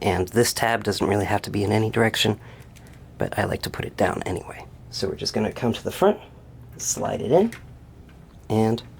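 A keyed plastic part of a transforming dinosaur robot toy is being slid into the front of the figure with its tab turned down, while someone talks. Only speech and faint handling noises are heard. Nothing has seated or clicked yet.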